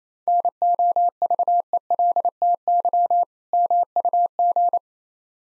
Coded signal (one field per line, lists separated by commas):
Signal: Morse code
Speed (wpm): 29 wpm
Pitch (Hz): 700 Hz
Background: none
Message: NOVELTY MUG